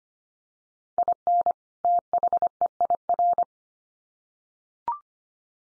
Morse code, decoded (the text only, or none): IN THEIR